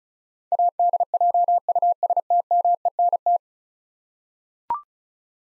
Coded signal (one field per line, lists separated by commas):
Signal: Morse code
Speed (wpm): 36 wpm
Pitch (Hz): 700 Hz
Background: none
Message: ADJUSTMENT